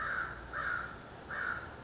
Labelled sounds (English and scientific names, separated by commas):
American Crow (Corvus brachyrhynchos)